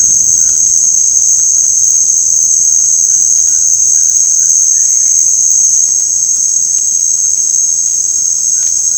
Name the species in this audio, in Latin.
Ramphastos tucanus, unidentified bird